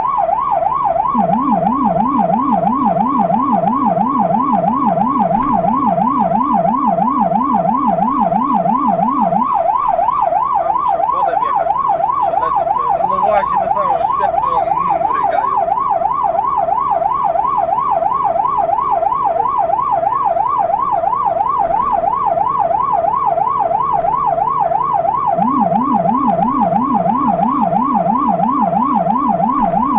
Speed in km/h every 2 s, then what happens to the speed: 44, 49, 53, 54, 53, 53, 53, 56, 59, 61, 62, 65, 65, 67, 67.
0-4 speeds up to 53. 4-12 steady at about 53. 12-22 speeds up to 65. 22-30 steady at about 65.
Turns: none.